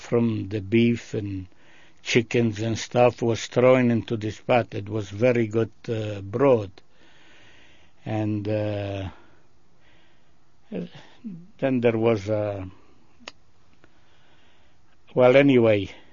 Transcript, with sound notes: from the beef and chickens and stuff was throwing into this pot. It was very good broth. (he pauses) then there was, well anyway.